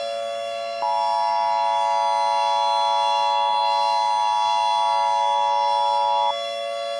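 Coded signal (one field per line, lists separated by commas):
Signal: Emergency Alert System (SAME) tones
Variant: 853 and 960 Hz attention tone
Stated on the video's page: Fictional EAS scenario, remastered, not a real alert.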